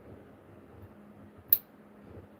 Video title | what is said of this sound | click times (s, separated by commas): Lock Explore - Largs Bay Jetty Adelaide South Australia ~ bonus trip to abandoned yacht | Nice little click. | 1.5 s